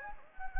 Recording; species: mosquito wingbeat signal from an infrared sensor; Anopheles gambiae